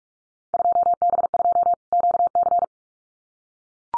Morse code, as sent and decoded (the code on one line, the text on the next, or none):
..--- -... ..--- / --.- -.-.
2B2 QC